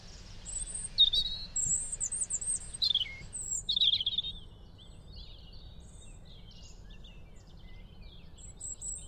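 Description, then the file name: European robin singing several high, sweet, jumbled phrases in the first four seconds, then only faint high notes. "Erithacus rubecula"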